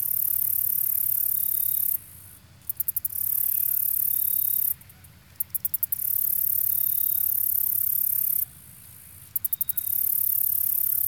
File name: kevin boucher nature insects marsh near shore small lake